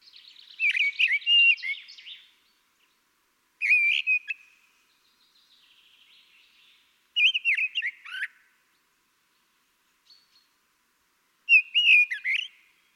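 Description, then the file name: Common blackbird song in four separate phrases of low fluted whistles and high scratchy twitters, with a faint thin sound in one of the gaps. "Turdus merula"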